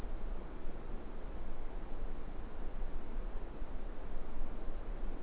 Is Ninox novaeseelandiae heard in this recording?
no